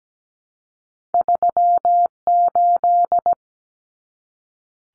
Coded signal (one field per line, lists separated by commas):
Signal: Morse code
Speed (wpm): 17 wpm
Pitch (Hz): 700 Hz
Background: none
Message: 38